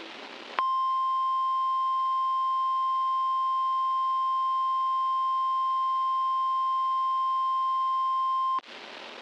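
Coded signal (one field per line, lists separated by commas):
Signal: Emergency Alert System (SAME) tones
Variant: 1050 Hz attention tone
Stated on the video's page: Simulated tornado warning alert made with CapCut, not real.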